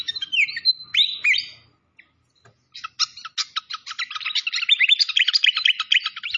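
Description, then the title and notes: Malaysian pied fantail song: squeaky rising and falling whistles, a short pause, then a fast run of sharp chattering notes. Masteran (bird-training recording) of a clear-voiced bird. "Masteran Sikatan Kipas Suara Jernih Dan Suara Gemericik Air. Suara Burung Sikatan Londo"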